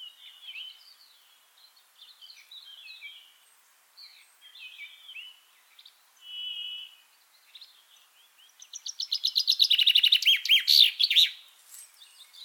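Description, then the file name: Common chaffinch with several seconds of quiet, varied twittering and one short whistled note, then a loud rattling trill of repeated notes finishing in an emphatic flourish. "Fringilla coelebs"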